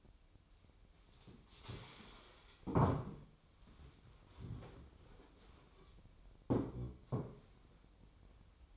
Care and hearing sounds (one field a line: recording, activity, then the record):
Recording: daily activity, microphone in the room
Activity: stand up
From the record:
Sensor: 1